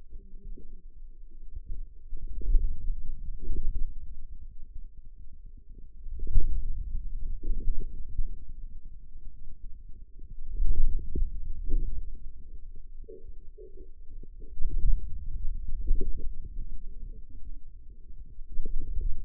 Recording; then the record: forearm muscle sounds (acoustic myography)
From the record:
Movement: radial deviation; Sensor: system 2, bracelet of six BSWA MPA416 microphones around the upper forearm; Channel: 6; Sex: female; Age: 21 years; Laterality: right